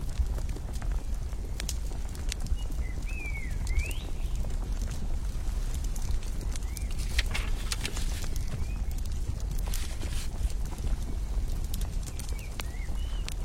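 Firewood crackles steadily throughout, with dense, irregular snaps and pops over a low, constant rumble. Short rising chirps, like a bird's calls, come through around three to four seconds and again briefly near six, eight and twelve seconds.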